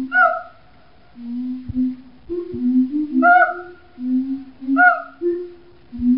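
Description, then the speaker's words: Siamang song: lower tonal notes alternate with a few loud, ringing hoots. Family groups sing together; loud, melodic calls; inflated throat pouch (gular sac) enhances and resonates the voice. "This is what siamangs sound like."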